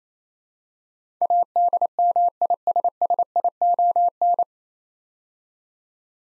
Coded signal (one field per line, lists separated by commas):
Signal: Morse code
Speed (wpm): 29 wpm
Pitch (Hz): 700 Hz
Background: none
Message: ADMISSION